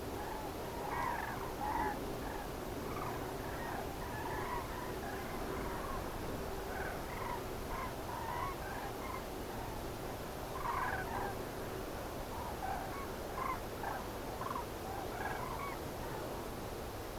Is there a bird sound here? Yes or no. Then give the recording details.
yes. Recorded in France